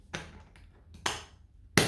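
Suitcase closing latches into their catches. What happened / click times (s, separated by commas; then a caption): One of two latches snapped shut while the other did not stay closed / 1.1 s, 1.8 s. A suitcase's plastic luggage latches are pressed closed into their catches, with sharp clicks at 1.1 s and 1.8 s and a smaller tap near 0.2 s. Only partly successful: as one of the two latches is closed, the other pops back open, so the closure is not fully home.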